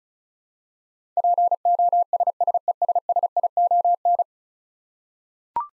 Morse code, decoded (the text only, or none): POSSESSION